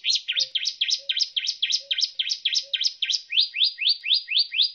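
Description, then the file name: Canary song, a steady series of rapid looping chirps followed by quicker upward-sweeping notes, evenly paced throughout. Canary song used as isian, a training song for teaching other songbirds. "suara kenari isian omkicau"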